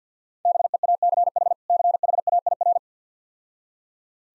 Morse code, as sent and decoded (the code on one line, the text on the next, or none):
-... . .- -.-. .... / -.-. .... .- .. .-.
BEACH CHAIR